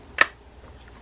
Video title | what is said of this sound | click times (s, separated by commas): Daiwa Whisker Salt water fishing reel hoqw to take apart and service | when you hear that snap you generally have a nice tight fit | 0.2 s